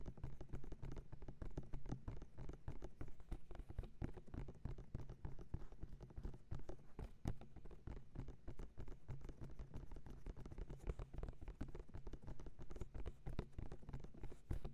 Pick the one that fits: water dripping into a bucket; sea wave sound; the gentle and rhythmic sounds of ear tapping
the gentle and rhythmic sounds of ear tapping